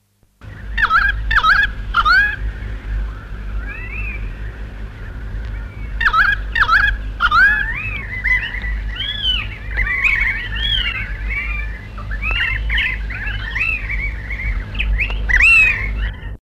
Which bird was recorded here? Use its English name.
Australian Magpie